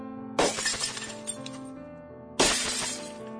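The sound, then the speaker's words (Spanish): Two loud crashes of plates shattering, about two seconds apart, each a sharp burst followed by a ringing, clattering tail of scattering shards. No voices. “Seguido de varios platos rotos, insultos brutales y al fin la bravata de Milgardo.”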